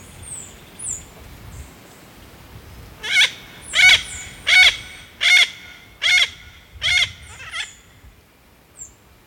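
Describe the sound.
Yellow-billed parrot giving a series of about seven harsh, nasal squawks spaced under a second apart, with thin high whistles from another bird before and after.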